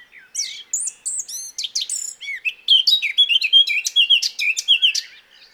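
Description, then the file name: Eurasian blackcap singing, starting with sparse twittering notes and building into a loud, clear, fluty warble of rapid varied phrases. "Sylvia atricapilla"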